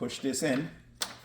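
A round power cable plug with a threaded collar is lined up with the white dot on a Bluetti battery power station's receptacle and pushed in by hand while someone talks. A brief sharp sound follows at about 1.0 s, but the connector has not yet seated or clicked into place.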